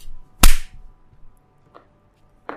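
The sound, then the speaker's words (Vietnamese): A man slaps a person hard across the face: a single loud, sharp slap cracks out and quickly fades, followed by two much fainter, softer taps later on. No voices. “Một cái tát như trời giáng lên mặt tôi khiến cho tôi mặt mày xây sầm cả lại.”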